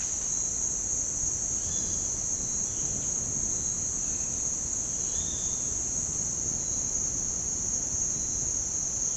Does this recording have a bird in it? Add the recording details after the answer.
no. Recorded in dense forest near Puerto Asís, Putumayo, Colombia, on 24 June 2025 at 08:00. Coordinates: 0.499, -76.324. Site G100